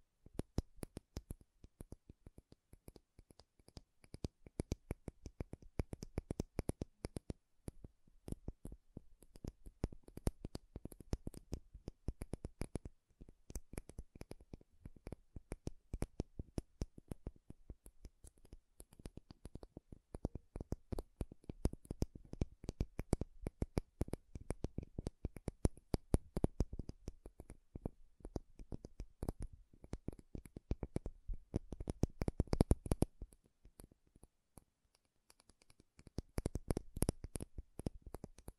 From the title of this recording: MAKEUP TAPPING & SCRATCHING